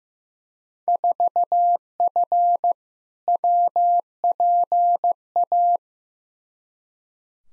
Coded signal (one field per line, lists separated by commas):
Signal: Morse code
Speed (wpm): 15 wpm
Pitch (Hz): 700 Hz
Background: none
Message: 4F WPA